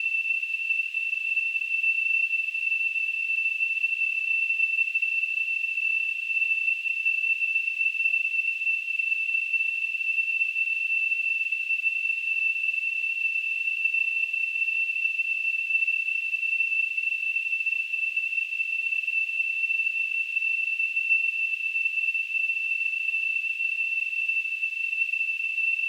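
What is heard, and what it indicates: A steady, unbroken high-pitched tone with a faint hiss around it holds at an even loudness for about 26 seconds. It is simulated tinnitus, the ringing in the ears that a person hears without any outside sound.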